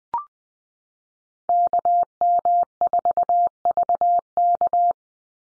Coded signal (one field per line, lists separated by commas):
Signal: Morse code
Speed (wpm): 20 wpm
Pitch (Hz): 700 Hz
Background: none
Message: KM4VK